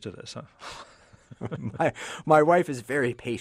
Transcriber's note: laughter